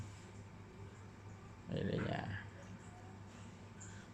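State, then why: Not seated. A second crimped contact pin is handled and pushed toward its MC4 solar connector housing on a PV solar panel cable, with a low steady hum underneath. Someone talks briefly in the middle of the clip. Nothing has seated or clicked yet.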